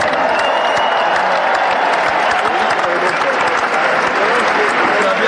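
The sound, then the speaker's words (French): Dense, steady audience applause for two dancers about to perform, winners of a rockabilly dance contest, fills the whole stretch, many hands clapping at once in a loud, continuous crackle with no pauses or build-up. “Merci d'applaudir ce soir Chloé et Fabien qui vont danser pour vous.”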